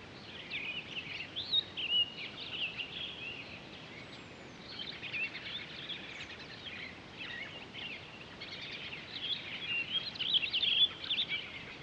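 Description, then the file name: Townsend's solitaire heard in a fairly faint, rambling warble of quick high notes, coming in loose bursts with brief lulls, over steady background hiss. Recorded 23 October 2011. "20111023 townsends-solitaire"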